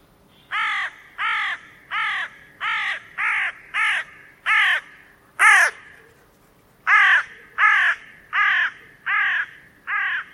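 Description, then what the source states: Bird giving a long series of many harsh, hoarse caws with uneven gaps, one call near the middle louder and higher. Calls written as "co co co co".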